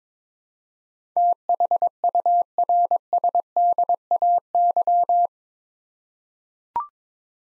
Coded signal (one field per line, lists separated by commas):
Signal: Morse code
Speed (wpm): 22 wpm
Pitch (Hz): 700 Hz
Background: none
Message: THURSDAY